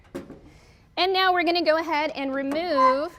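An access cover on a laser cutter is closed after a lens or nozzle has been fitted, giving a single short hit at 0.2 s. The cover seats shut, and then someone talks.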